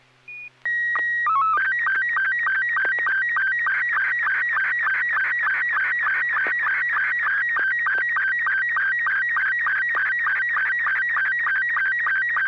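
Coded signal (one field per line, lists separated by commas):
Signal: SSTV (slow-scan television)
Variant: Robot 72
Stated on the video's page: SSTV images exchanged on a weekly amateur net via an FM repeater on 441.300 MHz in Sacramento, sent with MMSSTV software.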